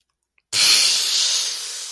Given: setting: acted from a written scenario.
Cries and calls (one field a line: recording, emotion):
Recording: vocal sound without words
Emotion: embarrassment